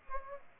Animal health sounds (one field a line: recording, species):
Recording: mosquito wingbeat signal from an infrared sensor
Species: Aedes aegypti